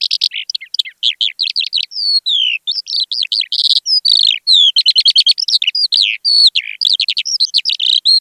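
Eurasian skylark song, a rapid, continuous stream of high, twittering and trilled notes with quick rising and falling slurs, run together without pause.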